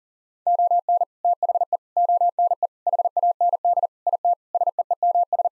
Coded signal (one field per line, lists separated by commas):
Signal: Morse code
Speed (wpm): 37 wpm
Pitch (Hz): 700 Hz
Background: none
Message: ON THE ONE HAND IT SEEMS